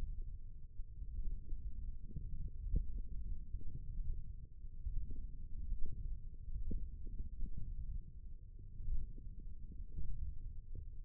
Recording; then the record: forearm muscle sounds (acoustic myography)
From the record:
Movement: hook grip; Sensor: system 1, eight BSWA MPA416 microphones around the upper forearm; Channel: 1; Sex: male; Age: 18 years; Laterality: right